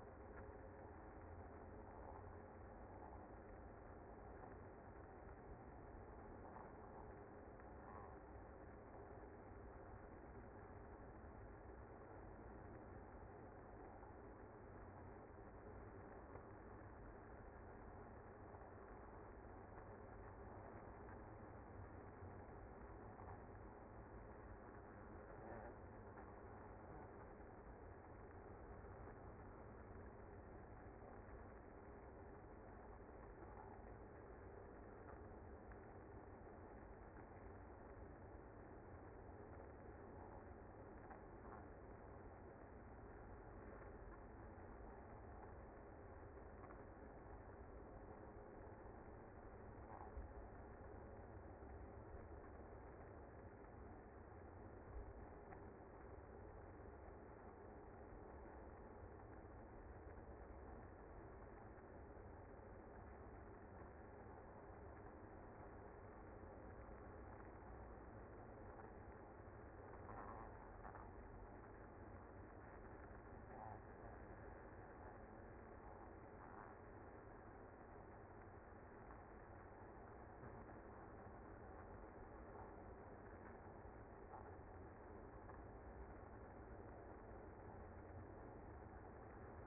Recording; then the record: honeybee colony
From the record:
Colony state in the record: active